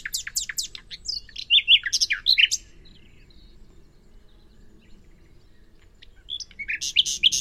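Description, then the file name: Common nightingale song: a rapid run of sharp, high descending notes, then richer warbled phrases, a pause of several seconds, and another loud burst of notes at the end. "Luscinia megarhynchos"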